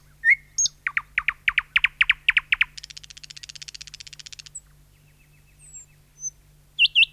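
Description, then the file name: Thrush nightingale song with a burst of loud rapid repeated notes, followed by a dense high buzzing trill and a few thin whistles. "satakieli"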